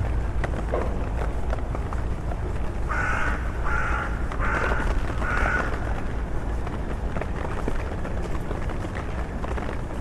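A rainy London city walk, with a dense, steady hiss of rain and low traffic rumble filling the whole ten seconds. Between about three and six seconds, a few short bright tones repeat in quick pulses, like a signal or beeping, over the constant wash.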